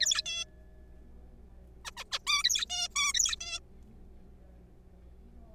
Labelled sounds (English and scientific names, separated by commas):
Zebra Finch (Taeniopygia guttata)